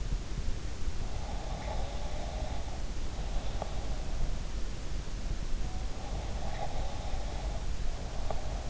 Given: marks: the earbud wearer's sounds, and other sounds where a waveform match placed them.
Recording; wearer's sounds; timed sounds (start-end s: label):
sounds in sleep by an in-ear microphone; breath
1.31-4.04 s: breath
6.12-8.70 s: breath